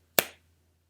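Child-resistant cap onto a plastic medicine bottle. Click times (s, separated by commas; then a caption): 0.2 s. A plastic child-resistant cap is put on a plastic prescription medicine bottle and gives a single sharp click at 0.2 s. The click shows the child safety option is engaged. A low steady hum sits under the clip.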